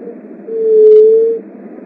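A Leptotila dove's soft, hollow hoot, sustained evenly for close to one second, with light constant background noise.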